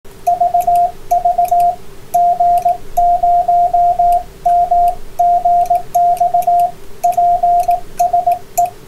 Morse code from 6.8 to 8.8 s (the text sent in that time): PSE